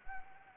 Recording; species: mosquito wingbeat signal from an infrared sensor; Anopheles gambiae